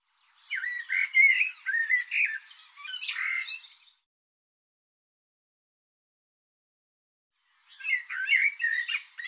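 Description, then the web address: Bird song: a fast warbled phrase of varied chirps and slurred whistles lasting about three seconds, a silent pause, then another phrase begins. Labelled 'Tu Me Tu Me'. "cianscape birddata Deverinetal 2025 Bird Tu Me Tu Me"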